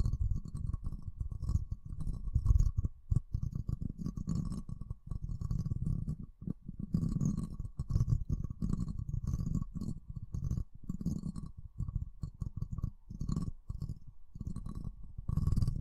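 A microphone is handled slowly, with dense low rubbing and thumping, faint high scratchy crackles, and a steady thin tone throughout.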